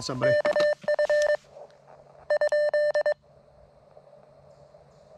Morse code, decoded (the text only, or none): KF ?